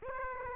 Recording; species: mosquito wingbeat signal from an infrared sensor; Aedes aegypti